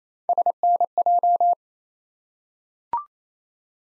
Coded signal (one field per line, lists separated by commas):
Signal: Morse code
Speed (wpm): 28 wpm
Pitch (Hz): 700 Hz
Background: none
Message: SNJ